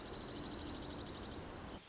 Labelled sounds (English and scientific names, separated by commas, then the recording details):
Dark-eyed Junco (Junco hyemalis)
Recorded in Sonoma County, California